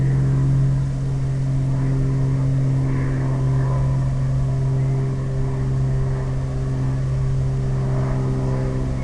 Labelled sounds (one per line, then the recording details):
aircraft
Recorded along the Dalton Highway, Alaska, on 11 August 2019 at 17:23
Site 01